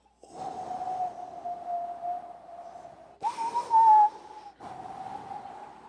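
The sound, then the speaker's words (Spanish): A voice mimics blowing wind with long, breathy, hooting whooshes, three sustained gusts with a brief rising whistle in the middle, moderately loud and with no other talk. “Ahora hay una musiquita de nueva era que se han inventado, como el viento.”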